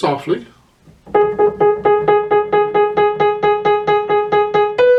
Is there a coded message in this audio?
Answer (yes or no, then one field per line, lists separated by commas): no